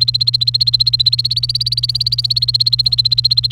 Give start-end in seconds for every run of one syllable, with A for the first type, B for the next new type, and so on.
0.00-3.51 A